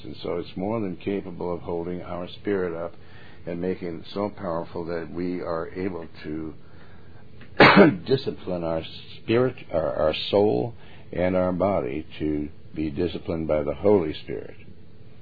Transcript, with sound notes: and so it's more than capable of holding our spirit up and making it so powerful that we are able to, (coughs) discipline our spirit, our, our soul, and our body, to be disciplined by the Holy Spirit,